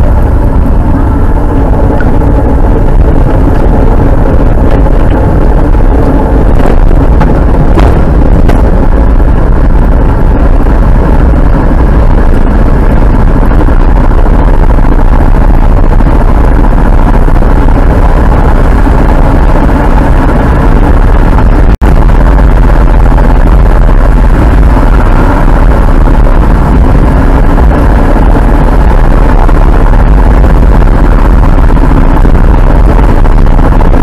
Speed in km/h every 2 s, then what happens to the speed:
47, 51, 55, 55, 56, 62, 68, 71, 74, 78, 83, 86, 85, 76, 75, 81, 74.
0-3 speeds up to 55. 3-9 steady at about 55. 9-22 speeds up to 86. 24-26 brakes to 76. 26-31 steady at about 76. 31-34 brakes to 74.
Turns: 0-8.